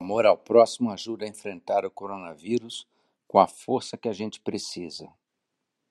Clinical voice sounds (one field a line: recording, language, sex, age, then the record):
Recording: spoken sentence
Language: Brazilian Portuguese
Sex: male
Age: 50 to 59 years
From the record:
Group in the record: control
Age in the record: 56 years